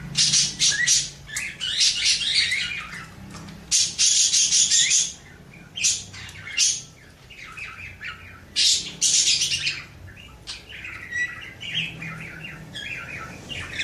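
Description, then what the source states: Oriental magpie-robin singing in loud bursts of high whistles mixed with scratchy, buzzy phrases, separated by short pauses. Champion bird in lively, chatty singing form.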